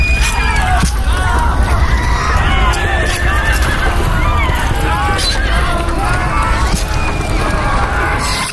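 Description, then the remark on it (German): A crowd of long-bearded villagers screaming and wailing as their village burns, overlapping, rising and falling cries, loud and continuous over a dense rumbling commotion for the whole stretch. “Jetzt schreien sie aber, die Langbärtigen. Ihr Dorf brennt.”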